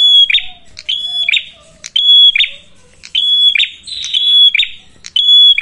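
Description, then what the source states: Prinia calls: sharp whistled notes with buzzy sounds, repeated with brief gaps, with clicks and a faint low sound behind. Red-headed prenjak (prenjak kepala merah) singing energetically (gacor), used as a lure (pancingan) for catching birds and for tutoring other birds (masteran).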